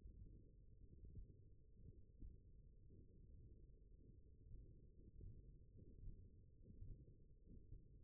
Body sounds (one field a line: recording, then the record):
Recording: forearm muscle sounds (acoustic myography)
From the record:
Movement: hook grip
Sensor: system 1, eight BSWA MPA416 microphones around the upper forearm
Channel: 3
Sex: male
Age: 21 years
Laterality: right